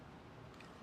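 A tight wiring connector is pushed again into its mating connector while fitting a rear wiper to a 2023 Fronx, but it fails to go in because it won't fit this way and is then turned around. Over a steady background, only one faint, brief tick is heard near 0.6 seconds. Nothing has seated or clicked yet.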